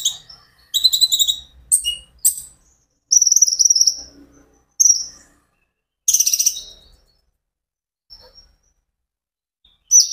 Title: KOLIBRI NINJA KONIN IJOAN GACOR COCOK UNTUK PANCINGAN TERAPI KONIN BAHAN PASTI NYAUT